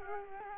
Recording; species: mosquito wingbeat signal from an infrared sensor; Culex quinquefasciatus